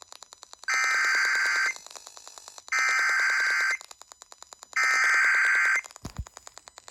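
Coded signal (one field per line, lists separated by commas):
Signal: Emergency Alert System (SAME) tones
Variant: header bursts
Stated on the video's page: Severe thunderstorm warning alert, very quiet, received on AM 1530.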